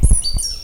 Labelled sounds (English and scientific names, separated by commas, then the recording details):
Stitchbird (Notiomystis cincta) song
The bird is a male
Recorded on Tiritiri Matangi Island, New Zealand, in 2005
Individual 16, of nest box 24